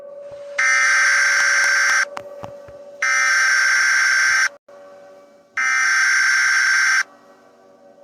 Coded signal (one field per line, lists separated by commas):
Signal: Emergency Alert System (SAME) tones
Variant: header bursts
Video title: EAS SCENARIO EGGDOG INVASION (Two Endings)